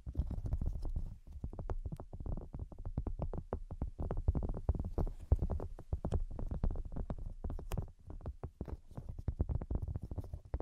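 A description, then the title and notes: Rapid tapping fills the whole stretch, dense irregular knocks on a hard surface arriving several times a second with no real pause. Each tap is short and mostly low and thumpy, some with a brighter click on top, and a few land noticeably louder than the rest. Brain Penetrating 3D Tapping.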